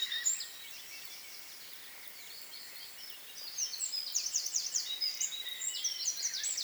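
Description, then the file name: Eurasian wren song: a quick high burst, a quiet stretch, then a vigorous, rapid cascade of trills and buzzy rattles filling the second half. "Troglodytes troglodytes"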